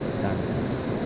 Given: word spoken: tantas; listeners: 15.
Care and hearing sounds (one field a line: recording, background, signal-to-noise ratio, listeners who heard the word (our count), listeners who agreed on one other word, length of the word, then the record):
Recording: one Spanish word in noise, from a listening test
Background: speech-shaped noise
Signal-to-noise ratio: -6.3 dB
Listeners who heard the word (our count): 2 of 15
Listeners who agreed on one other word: 6 of 15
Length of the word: 0.66 s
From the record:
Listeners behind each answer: 6, 2, 2, 1, 1, 1, 1, 1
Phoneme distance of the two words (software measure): 10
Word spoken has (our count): 2 syllables, 6 phonemes, stress on syllable 1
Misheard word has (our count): 2 syllables, 6 phonemes, stress on syllable 1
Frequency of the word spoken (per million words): 64.07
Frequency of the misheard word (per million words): 0.43